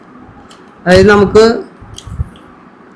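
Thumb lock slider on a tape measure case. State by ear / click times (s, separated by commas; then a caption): seated / 2.0 s. Someone talks, then the thumb lock slider on the plastic case of a tape measure is pressed with the steel blade pulled out, engaging with a short sharp click at 1.9 s. It is a manual lock that engages when pressed, not an automatic one, and it locks on.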